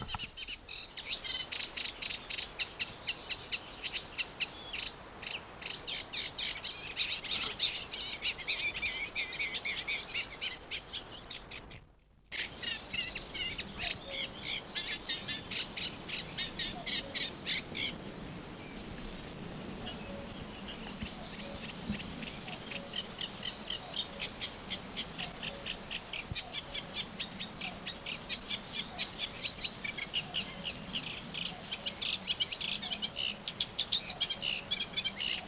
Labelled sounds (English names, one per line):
Eurasian Reed Warbler